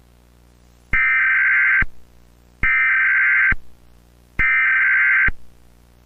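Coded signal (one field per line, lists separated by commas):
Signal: Emergency Alert System (SAME) tones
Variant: header bursts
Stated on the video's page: Mock EAS alert, a fictional purge announcement.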